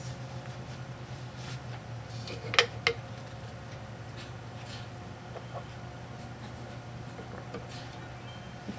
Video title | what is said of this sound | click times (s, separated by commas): Tip 32 - Build a Computer - Part 4 - Motherboard Installation | will be just like this where all you have to do is push it in and it kind of snaps in place in the back | 2.6 s, 2.9 s